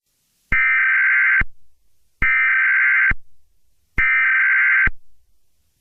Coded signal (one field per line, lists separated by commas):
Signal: Emergency Alert System (SAME) tones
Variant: header bursts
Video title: Exodus (EAS Scenario)